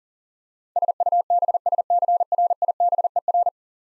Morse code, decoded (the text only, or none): SUBSCRIBER